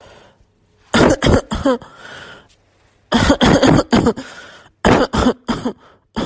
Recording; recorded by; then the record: voluntary cough; messaging app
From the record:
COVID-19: negative